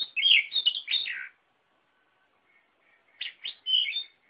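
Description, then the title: Oriental magpie-robin song: a rich burst of rapid warbled whistles, a quiet gap, then more bright whistled notes. Chirping song. "Kicau Kacer"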